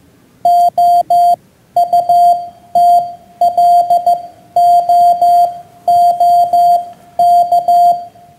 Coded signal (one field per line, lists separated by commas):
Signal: Morse code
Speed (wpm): 15 wpm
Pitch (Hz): 700 Hz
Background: none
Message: OUTLOOK